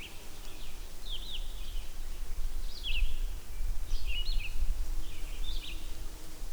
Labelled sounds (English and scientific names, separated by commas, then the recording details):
Red-eyed Vireo (Vireo olivaceus) song
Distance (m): 65 m
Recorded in boreal forest in Alberta, Canada, on 16 June 2016 at 08:34
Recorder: SongMeter 3, array SBT-3-32
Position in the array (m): 50 m, 13 m